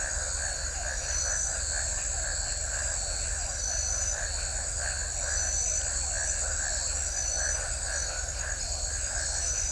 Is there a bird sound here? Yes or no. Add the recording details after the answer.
no. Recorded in shrubland near Pivijay, Magdalena, Colombia, on 1 June 2023 at 22:00. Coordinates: 10.453, -74.365. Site P5-G022